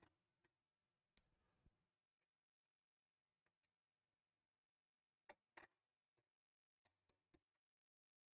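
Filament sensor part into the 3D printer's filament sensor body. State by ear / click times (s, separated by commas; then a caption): not seated / none. During a Prusa Core One to Core One+ upgrade, a filament sensor part is worked into the filament sensor body of a 3D printer, because the front screw cannot be driven into the sensor body. Small, sharp ticks from handling and repeated attempts are heard, the loudest near 5.6 seconds. The part has not seated and nothing has clicked yet.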